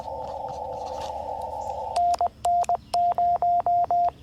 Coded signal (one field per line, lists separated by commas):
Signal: Morse code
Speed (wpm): 20 wpm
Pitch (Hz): 690 Hz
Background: radio noise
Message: NN0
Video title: FTX-1 QRP CW Activation at Hagerman National Wildlife Refuge